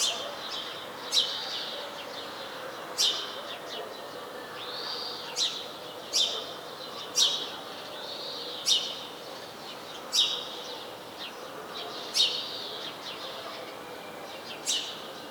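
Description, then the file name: House sparrow calling, sharp chirps repeated throughout, with a few softer arched notes between them, over constant background hiss. "Passer domesticus"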